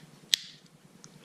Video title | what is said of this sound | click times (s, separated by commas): RAYNIC ULTRA HD 4K WIFI SPORTS ACTION CAMERA | It snaps back into place. | 0.3 s